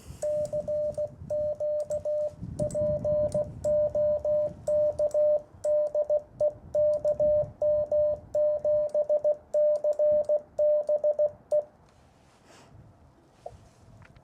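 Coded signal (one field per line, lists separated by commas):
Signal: Morse code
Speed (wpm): 16 wpm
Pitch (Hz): 600 Hz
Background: radio noise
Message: CQ POK DE KM7CBE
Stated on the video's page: Short CW Parks on the Air activation using an Icom IC-705 with MAT-705+ tuner and Chameleon CHA-TDL antenna elements.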